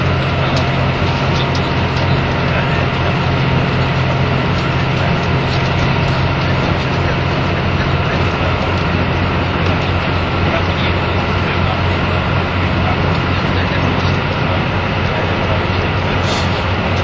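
A journey from Nagoya to Toyama carries a constant, dense vehicle drone, with a deep steady hum underneath and a thin whine higher up. The loudness barely changes over the whole clip, and faint murmuring, possibly voices, sits within the noise.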